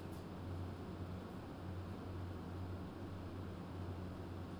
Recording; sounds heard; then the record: poultry house recording; no chicken sound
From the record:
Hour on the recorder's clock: 21